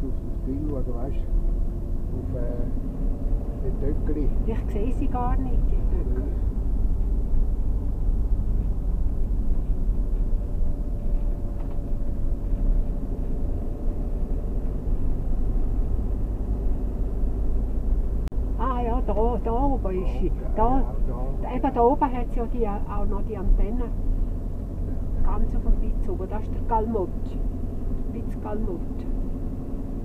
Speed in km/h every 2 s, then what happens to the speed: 22, 24, 25, 25, 25, 24, 25, 27, 25, 25, 24, 24, 22, 22, 24.
0-30 steady at about 24.